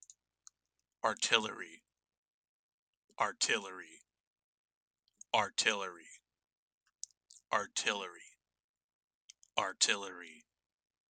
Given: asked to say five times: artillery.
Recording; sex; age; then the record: repeated word; male; 20 to 29 years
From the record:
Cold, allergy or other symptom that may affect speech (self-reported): no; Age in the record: 23 years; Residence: Indiana, United States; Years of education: 13